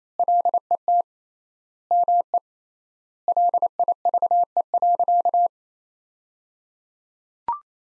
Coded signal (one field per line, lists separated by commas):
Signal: Morse code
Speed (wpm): 28 wpm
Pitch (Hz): 700 Hz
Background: none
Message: LET ME LIVE.